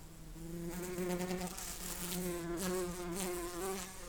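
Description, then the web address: Common carder bee buzzing: a steady low hum with rich overtones that wavers slightly in pitch and loudness, continuing throughout. Worker bees. "Pascuorum workers"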